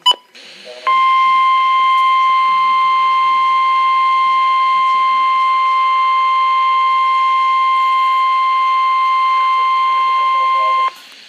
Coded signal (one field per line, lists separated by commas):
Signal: Emergency Alert System (SAME) tones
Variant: 1050 Hz attention tone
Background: speech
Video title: Flood Warning double header EAS#96/EAS#97